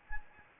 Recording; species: mosquito wingbeat signal from an infrared sensor; Anopheles gambiae